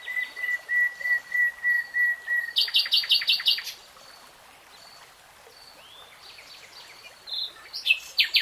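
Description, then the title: Nightingale song: a series of pure whistled notes on one pitch, then a burst of fast loud chirps, a pause, and another chirping phrase. "[Tiếng chim hót] REALTIME Nightingale Singing"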